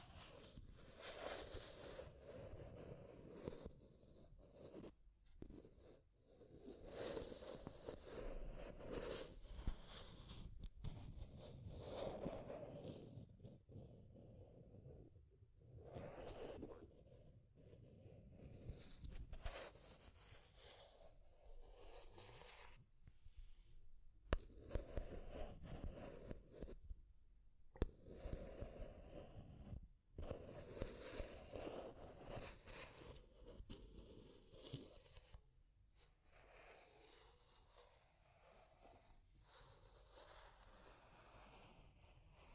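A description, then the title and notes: Deep, rough scratching goes on in dense, irregular bursts of coarse scraping strokes, heavy in the low end with rasping upper edges. The strokes come in clusters broken by short silent gaps, near 6, 15, 27 and 30 seconds, and thin to quieter scratching toward the end. Deep Scratching. (No Talking).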